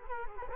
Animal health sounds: mosquito wingbeat signal from an infrared sensor; Culex quinquefasciatus

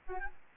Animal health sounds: mosquito wingbeat signal from an infrared sensor; Aedes albopictus

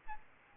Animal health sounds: mosquito wingbeat signal from an infrared sensor; Aedes albopictus

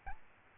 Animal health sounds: mosquito wingbeat signal from an infrared sensor; Aedes albopictus

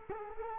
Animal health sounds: mosquito wingbeat signal from an infrared sensor; Culex quinquefasciatus

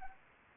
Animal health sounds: mosquito wingbeat signal from an infrared sensor; Anopheles arabiensis

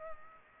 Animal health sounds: mosquito wingbeat signal from an infrared sensor; Culex pipiens

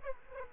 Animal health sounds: mosquito wingbeat signal from an infrared sensor; Aedes aegypti

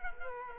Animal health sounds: mosquito wingbeat signal from an infrared sensor; Culex quinquefasciatus

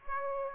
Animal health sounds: mosquito wingbeat signal from an infrared sensor; Aedes aegypti

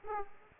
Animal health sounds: mosquito wingbeat signal from an infrared sensor; Aedes aegypti

